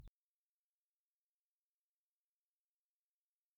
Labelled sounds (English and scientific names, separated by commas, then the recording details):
House Finch (Haemorhous mexicanus) song
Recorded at Hewlett Harbor on Long Island, New York, on 10 June 1975
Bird E